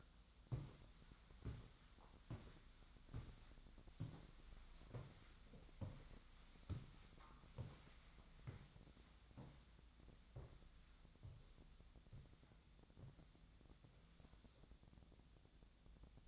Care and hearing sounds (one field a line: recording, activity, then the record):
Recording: daily activity, microphone in the room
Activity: walk to room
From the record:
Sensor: 3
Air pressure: 1010.0 hPa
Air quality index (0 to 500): 184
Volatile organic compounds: 13 ppm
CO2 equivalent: 2394 ppm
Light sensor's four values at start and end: 40/100/43/46 and 40/100/43/46